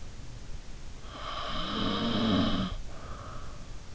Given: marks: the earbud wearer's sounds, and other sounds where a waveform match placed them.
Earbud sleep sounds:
sounds in sleep by an in-ear microphone; snoring breath
1.06-3.63 s: snoring breath

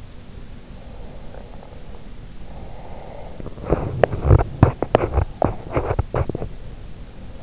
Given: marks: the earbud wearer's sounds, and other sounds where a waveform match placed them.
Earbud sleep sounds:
sounds in sleep by an in-ear microphone; breath, teeth grinding
0.60-3.40 s: breath
3.37-6.50 s: teeth grinding

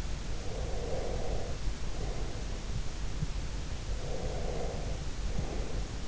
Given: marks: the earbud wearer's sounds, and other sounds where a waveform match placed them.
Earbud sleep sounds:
sounds in sleep by an in-ear microphone; breath
0.13-2.44 s: breath
3.97-6.08 s: breath

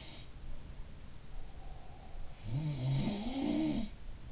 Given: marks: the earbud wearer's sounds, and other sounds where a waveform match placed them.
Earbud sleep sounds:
sounds in sleep by an in-ear microphone; breath
0.00-0.42 s: sound from someone else or the room
1.24-3.25 s: breath
1.72-4.06 s: sound from someone else or the room

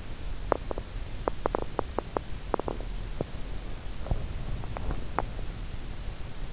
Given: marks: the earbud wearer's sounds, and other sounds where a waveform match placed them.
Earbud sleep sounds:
sounds in sleep by an in-ear microphone; teeth grinding
0.24-5.55 s: teeth grinding

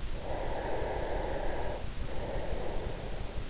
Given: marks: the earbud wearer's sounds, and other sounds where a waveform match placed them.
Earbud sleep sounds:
sounds in sleep by an in-ear microphone; breath
0.15-3.41 s: breath

